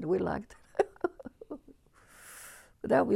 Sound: she laughs

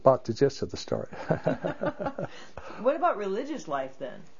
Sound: laughs

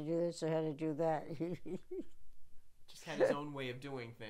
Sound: laughs

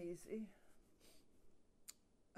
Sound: sniffs

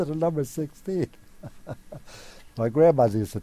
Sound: chuckles

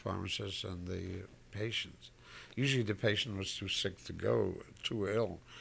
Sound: none

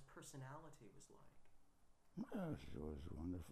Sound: clears throat

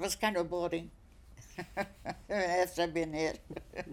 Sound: she laughs

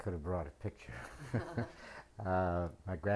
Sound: chuckles

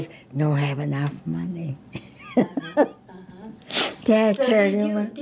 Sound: she laughs

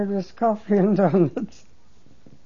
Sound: she laughs

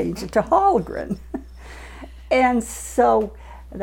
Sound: laughs

